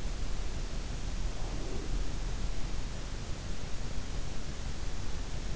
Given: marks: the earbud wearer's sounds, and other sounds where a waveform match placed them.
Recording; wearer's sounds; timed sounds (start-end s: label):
sounds in sleep by an in-ear microphone; breath
0.97-2.40 s: breath